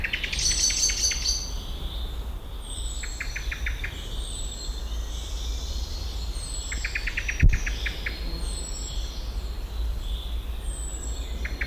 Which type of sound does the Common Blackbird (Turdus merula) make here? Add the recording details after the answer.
call. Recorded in the wild. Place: Bucher Wald, Berlin, DE. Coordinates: 52.65, 13.48. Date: 1995-06-05 12:36. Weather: sonnig, 18°C. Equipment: Sony WM-D6C, Sennheiser ME 80, Kopie Uher 4000 Report Monitor. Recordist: Tembrock, Günter